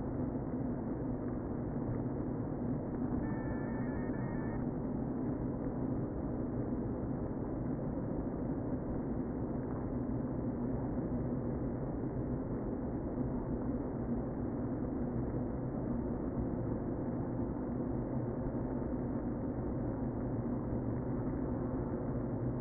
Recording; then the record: honeybee colony, microphone inside the hive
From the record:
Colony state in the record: queen present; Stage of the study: before two queens were removed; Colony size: about 60,000 bees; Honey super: yes